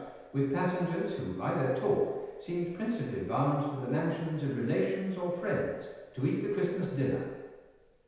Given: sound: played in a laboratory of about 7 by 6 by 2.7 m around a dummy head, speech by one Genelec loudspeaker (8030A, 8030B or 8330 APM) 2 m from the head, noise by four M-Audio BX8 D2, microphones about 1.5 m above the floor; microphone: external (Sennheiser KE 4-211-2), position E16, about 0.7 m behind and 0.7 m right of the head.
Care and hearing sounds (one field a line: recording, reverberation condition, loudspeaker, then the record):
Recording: male speech in English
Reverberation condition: high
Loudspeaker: in front (0 degrees)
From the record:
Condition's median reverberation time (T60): about 1300 ms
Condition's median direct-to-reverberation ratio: about -4.0 dB